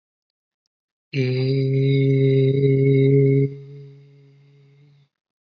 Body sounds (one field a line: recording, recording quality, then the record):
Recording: sustained vowel as in made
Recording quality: excellent, no background noise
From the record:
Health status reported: healthy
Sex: male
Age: 22 years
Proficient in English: yes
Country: India